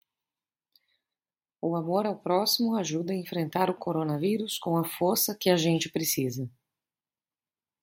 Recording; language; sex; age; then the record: spoken sentence; Brazilian Portuguese; female; 30 to 39 years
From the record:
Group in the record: control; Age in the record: 35 years